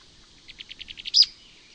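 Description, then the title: Mouse-colored Tyrannulet song: seven short, evenly spaced chipping notes capped by one louder, higher sharp note, then quiet. Nominate subspecies Phaeomyias murina murina. "LuckyPassaro Completos2Sama. Mouse-colored Tyrannulet (Phaeomyias murina murina)"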